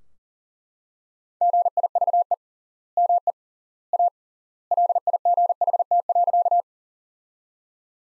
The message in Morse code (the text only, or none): GIVE ME A LIGHT.